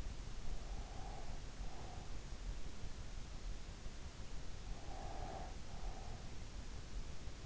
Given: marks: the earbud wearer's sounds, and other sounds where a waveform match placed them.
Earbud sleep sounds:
sounds in sleep by an in-ear microphone; breath
0.39-2.26 s: breath
4.71-6.39 s: breath

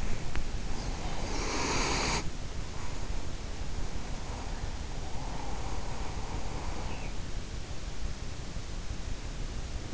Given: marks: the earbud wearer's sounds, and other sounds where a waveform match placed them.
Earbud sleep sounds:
sounds in sleep by an in-ear microphone; breath
0.00-7.65 s: breath

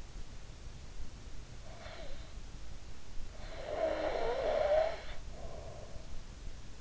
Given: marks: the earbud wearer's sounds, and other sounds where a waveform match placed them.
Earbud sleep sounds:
sounds in sleep by an in-ear microphone; breath
1.52-2.46 s: breath
3.27-6.18 s: breath

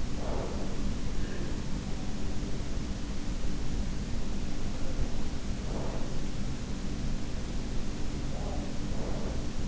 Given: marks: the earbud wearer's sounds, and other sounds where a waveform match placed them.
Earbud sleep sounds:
sounds in sleep by an in-ear microphone; breath
0.00-1.64 s: breath
3.69-6.49 s: breath
7.97-9.48 s: breath

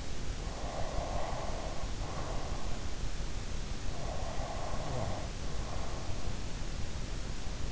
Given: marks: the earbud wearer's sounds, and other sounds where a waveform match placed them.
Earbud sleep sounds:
sounds in sleep by an in-ear microphone; breath, snoring breath
0.71-2.97 s: breath
3.73-6.31 s: snoring breath

